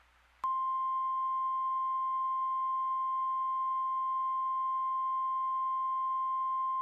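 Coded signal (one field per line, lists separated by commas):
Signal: Emergency Alert System (SAME) tones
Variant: 1050 Hz attention tone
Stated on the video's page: Mock required monthly test, not real; tones probably valid.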